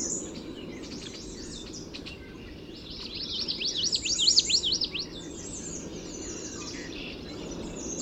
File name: Common Yellowthroat